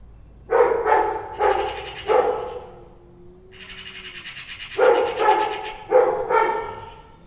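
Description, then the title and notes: Dog barking in quick clusters, with a long stretch of harsh, hissing bird chatter and a faint sustained tone between the bark groups. Dog reacting with concern to two cats meowing at each other, with two magpies also present. "2 cats, 2 magpies and a dog. Two cats meowing each other and two magpies and a dog concern about them"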